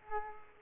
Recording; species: mosquito wingbeat signal from an infrared sensor; Culex quinquefasciatus